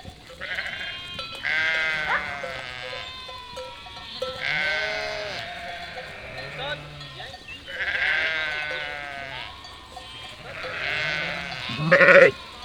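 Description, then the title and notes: Sheep bleating, loud wavering bleats roughly every three seconds, the loudest at the end. Flock of 467 sheep and lambs, freshly counted by the shepherd, moving and grazing grass and wild garlic in spring at Chindrieux, France; binaural recording with Fostex FR2 LE, recordist travelling by bicycle. "847 Rue de Vars, 73310 Chindrieux, France - Troupeau de moutons. En ce jour de printemps, au beau milieu d'un troupeau de 467 moutons et agneaux. Bêlements en chorale très spacialisée et en mouvement"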